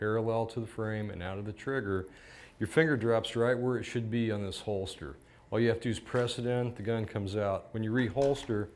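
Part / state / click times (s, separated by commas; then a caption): pistol into retention holster / not seated / none. A pistol is handled around a level 2 polymer retention holster while someone talks steadily throughout, with brief pauses near 2.3 s and 5.2 s. No distinct mechanical sounds stand out from the speech. The pistol has not yet been reholstered, and nothing has seated or clicked into the retention lock.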